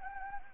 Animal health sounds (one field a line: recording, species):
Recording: mosquito wingbeat signal from an infrared sensor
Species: Anopheles gambiae